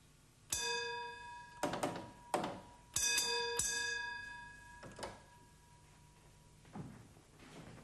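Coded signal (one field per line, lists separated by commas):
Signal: bell signal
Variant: British Rail block bell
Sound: about seven ringing bell strikes at uneven spacing, some mixed with dull thumps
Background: signal box room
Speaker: may he call the attention of the signalman in the rear and give the train out of section Bell code restoring the block instrument to the normal position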